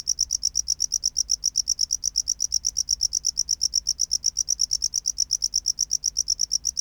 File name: Bio Acoustica Gryllodes sigillatus